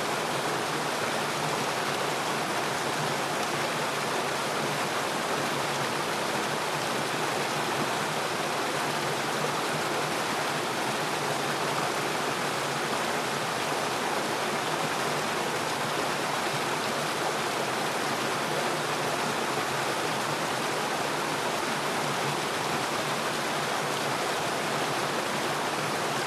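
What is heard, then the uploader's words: A stream runs steadily and densely, a constant rushing wash of water with no breaks or changes across the whole stretch. The sound is bright and hissing, close by, with little low rumble beneath it and no other sounds intruding. Gentle Stream Sounds.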